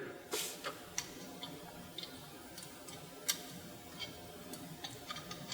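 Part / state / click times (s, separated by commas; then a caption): trumpet piston valve into valve casing / seated / 1.0 s, 2.0 s, 3.3 s. After oiling, trumpet piston valves are put back into their valve casings and turned gently, giving sharp tick-like clicks over a steady low background hiss. The valve guides click into their locked positions at 1.0, 2.0 and 3.3 seconds, and the valves are seated.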